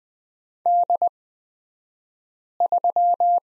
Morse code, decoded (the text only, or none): D3